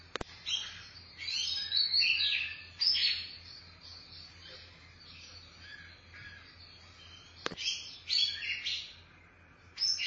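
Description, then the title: Oriental magpie-robin song of scratchy whistled phrases with long quiet gaps and a few sharp clicks. Chirping song (kicauan) of the bird. "Suara Kicauan Burung Kacer Durasi Panjang"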